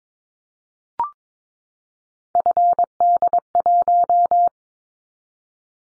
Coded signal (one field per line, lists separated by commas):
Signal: Morse code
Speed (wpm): 22 wpm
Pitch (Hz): 700 Hz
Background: none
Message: FD1